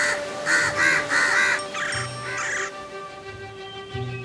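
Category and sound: bird, crows cawing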